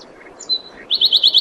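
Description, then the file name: Common nightingale song fragment: a brief whistle, then a loud, evenly repeated trill of several rich pulses. "Luscinia megarhynchos"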